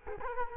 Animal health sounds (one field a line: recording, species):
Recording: mosquito wingbeat signal from an infrared sensor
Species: Culex quinquefasciatus